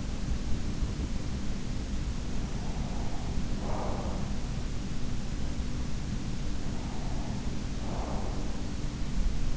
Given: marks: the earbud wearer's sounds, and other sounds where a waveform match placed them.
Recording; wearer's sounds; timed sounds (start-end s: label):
sounds in sleep by an in-ear microphone; breath
1.41-6.33 s: breath
6.50-9.57 s: breath